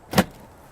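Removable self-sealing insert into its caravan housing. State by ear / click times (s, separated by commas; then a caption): seated / 0.2 s. A removable self-sealing insert is slid back into its housing on a Titanium Southern Star Basic caravan. A short scraping slide rises from about 0.1 s into one sharp, broadband click at 0.2 s, then fades to quiet. The insert clicks home and seats, sealing automatically.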